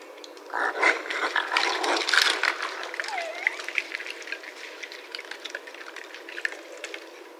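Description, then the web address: Raccoon giving loud raspy squeals and chitters, then quicker scattered clicking chatter that fades toward the end. Recorded 1 March 2012. "Raccoon 2012 03 01"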